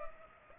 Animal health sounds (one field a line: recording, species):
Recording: mosquito wingbeat signal from an infrared sensor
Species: Culex pipiens